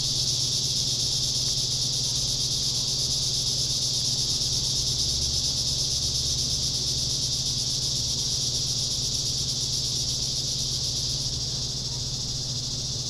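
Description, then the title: Cicada chorus as a continuous high, hissing buzz, easing slightly near the end, over a low steady hum. Summer. "neoscenes: summer cicadas"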